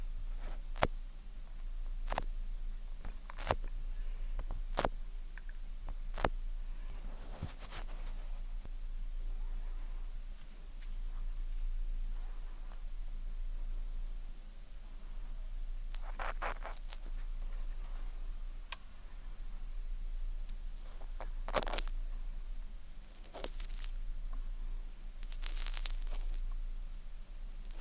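Ear cleaning sounds: sharp tweezer clicks and sticky, crackly scrapes over a low, steady hum. Early on the clicks fall at a fairly regular pace about every second or two; later come denser bursts of scratchy rustling, with a brief hissing spray near the end.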